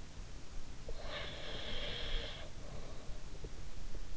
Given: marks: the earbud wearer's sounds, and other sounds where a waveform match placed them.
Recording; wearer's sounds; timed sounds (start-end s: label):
sounds in sleep by an in-ear microphone; breath
0.95-3.38 s: breath